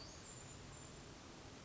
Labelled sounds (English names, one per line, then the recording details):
Western Flycatcher
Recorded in Sonoma County, California